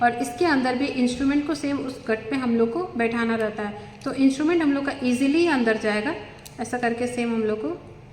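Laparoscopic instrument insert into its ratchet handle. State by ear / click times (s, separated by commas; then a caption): not seated / none. A laparoscopic instrument insert is being handled for fitting into its ratchet handle while a woman talks throughout. Nothing has seated or clicked yet; the clip ends before the insert goes home and the handle locks.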